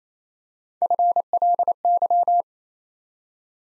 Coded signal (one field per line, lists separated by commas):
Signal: Morse code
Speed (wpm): 29 wpm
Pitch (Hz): 700 Hz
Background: none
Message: FLY